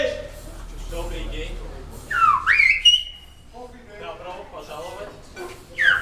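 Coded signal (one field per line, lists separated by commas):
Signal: whistled language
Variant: Silbo Gomero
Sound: spoken voice, then a loud whistle sliding down and up, more talk, brief whistle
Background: speech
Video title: Silbo Gomero гомерский свист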